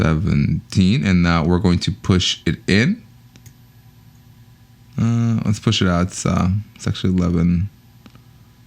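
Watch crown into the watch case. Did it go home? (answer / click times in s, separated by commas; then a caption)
yes / 3.4 s, 3.5 s. Someone talks, then pushes the pulled-out crown of a Nautica Pacific Beach wristwatch back into the watch case after setting the date. Two short clicks sound at 3.4 and 3.5 s, and the crown seats. After more talk, two more faint clicks come at 8.1 and 8.2 s.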